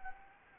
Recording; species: mosquito wingbeat signal from an infrared sensor; Anopheles arabiensis